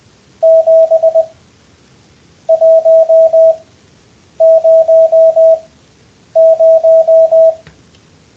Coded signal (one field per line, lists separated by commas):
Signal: Morse code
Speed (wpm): 20 wpm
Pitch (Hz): 650 Hz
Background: radio noise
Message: 7100